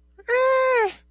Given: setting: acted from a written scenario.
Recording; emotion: vocal sound without words; distress